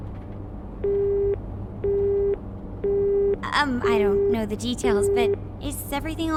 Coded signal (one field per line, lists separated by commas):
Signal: telephone call progress tone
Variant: Japan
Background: speech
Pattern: busy tone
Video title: Persona 5 Strikers: The Phantom Phreaks Phan Club (P5S English Dub Part 20)